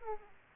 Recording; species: mosquito wingbeat signal from an infrared sensor; Aedes aegypti